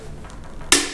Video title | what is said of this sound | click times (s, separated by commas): Burton Step On: Release Lever Modification Tutorial | clicks. All right, let's get the cleats in, one in. | 0.7 s